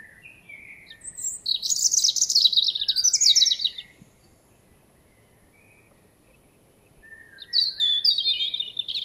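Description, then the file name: European robin singing a sweet, high warbling phrase of tumbling notes and trills, followed by a long silent gap, then a fresh phrase starting near the end. "Erithacus rubecula"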